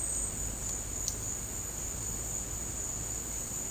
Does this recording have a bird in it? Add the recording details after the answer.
no. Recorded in secondary vegetation near Puerto Asís, Putumayo, Colombia, on 21 March 2025 at 14:00. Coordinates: 0.485, -76.322. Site G040